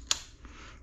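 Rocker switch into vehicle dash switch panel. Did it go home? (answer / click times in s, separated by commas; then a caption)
yes / 0.1 s. A new plastic-bodied rocker switch for the front locker is pushed into the dash switch panel opening of a vehicle, where a blank was removed. A sharp, bright click at 0.1 s marks the switch snapping into place, followed by a faint tick near 0.5 s and quiet background. The switch is seated.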